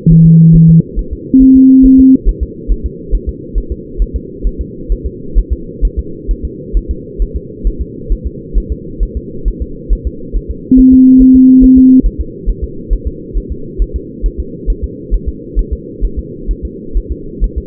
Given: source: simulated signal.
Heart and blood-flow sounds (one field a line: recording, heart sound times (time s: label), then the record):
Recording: fetal heart sounds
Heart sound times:
0.12 s: S1
0.26 s: S2
0.55 s: S1
0.70 s: S2
0.99 s: S1
1.13 s: S2
1.42 s: S1
1.57 s: S2
1.86 s: S1
2.00 s: S2
2.29 s: S1
2.43 s: S2
2.72 s: S1
2.86 s: S2
3.15 s: S1
3.29 s: S2
3.58 s: S1
3.72 s: S2
4.02 s: S1
4.16 s: S2
4.47 s: S1
4.61 s: S2
4.92 s: S1
5.06 s: S2
5.38 s: S1
5.53 s: S2
5.85 s: S1
5.99 s: S2
6.31 s: S1
6.45 s: S2
6.77 s: S1
6.91 s: S2
7.22 s: S1
7.36 s: S2
7.67 s: S1
7.81 s: S2
8.12 s: S1
8.27 s: S2
8.58 s: S1
8.72 s: S2
9.03 s: S1
9.17 s: S2
9.48 s: S1
9.62 s: S2
9.93 s: S1
10.07 s: S2
10.36 s: S1
10.51 s: S2
10.79 s: S1
10.94 s: S2
11.22 s: S1
11.36 s: S2
11.64 s: S1
11.78 s: S2
12.06 s: S1
12.21 s: S2
12.49 s: S1
12.64 s: S2
12.93 s: S1
13.07 s: S2
13.37 s: S1
13.52 s: S2
13.82 s: S1
13.96 s: S2
14.26 s: S1
14.40 s: S2
14.70 s: S1
14.84 s: S2
15.14 s: S1
15.29 s: S2
15.59 s: S1
15.73 s: S2
16.05 s: S1
16.19 s: S2
16.51 s: S1
16.65 s: S2
16.97 s: S1
17.12 s: S2
17.44 s: S1
17.58 s: S2
From the record:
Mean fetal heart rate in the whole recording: 135 bpm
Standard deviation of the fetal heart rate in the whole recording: 3 bpm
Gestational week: 36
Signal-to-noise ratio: -4.3 dB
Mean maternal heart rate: 72 bpm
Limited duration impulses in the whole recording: present